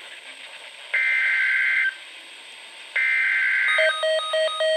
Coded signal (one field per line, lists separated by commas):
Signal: Emergency Alert System (SAME) tones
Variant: header bursts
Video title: Severe Thunderstorm Warning on KEC55 (EAS #1047)